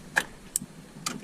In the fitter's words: hear a click, that's it.